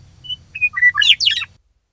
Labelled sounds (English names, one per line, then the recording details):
Western Meadowlark
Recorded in Sonoma County, California